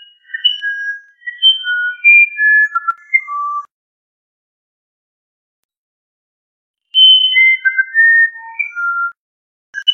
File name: canto do uirapuru verdadeiro